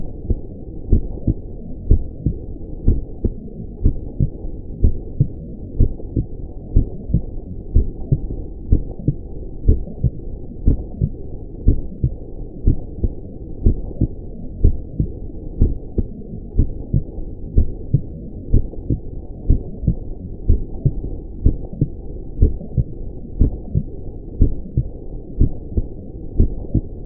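A steady heartbeat of dull, low-pitched thumps at about 60 beats per minute.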